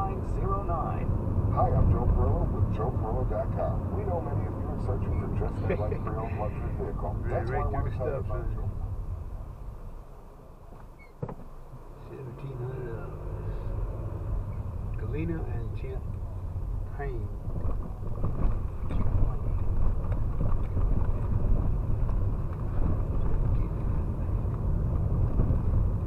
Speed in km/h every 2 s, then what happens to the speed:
34, 37, 35, 29, 19, 0, 0, 6, 15, 11, 15, 21, 26.
0-5 steady at about 35. 5-10 brakes to 0. 10-12 standing. 12-26 pulls away to 26.